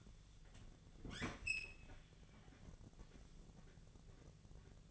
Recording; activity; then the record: daily activity, microphone in the room; open fridge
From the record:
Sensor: 4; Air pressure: 1000.9 hPa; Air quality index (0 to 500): 132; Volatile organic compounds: 2 ppm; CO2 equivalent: 982 ppm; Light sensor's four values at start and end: 31/76/32/34 and 28/67/28/31